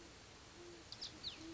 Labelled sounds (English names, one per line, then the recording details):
Great Horned Owl
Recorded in Sonoma County, California